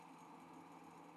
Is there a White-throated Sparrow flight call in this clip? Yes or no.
no